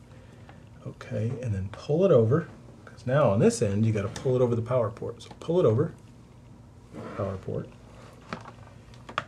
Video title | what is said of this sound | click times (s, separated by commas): Sony VAIO Pro13, svp132 fan replacement, case removal | okay and it won't snap great into place until you get the screws in but not bad | 9.2 s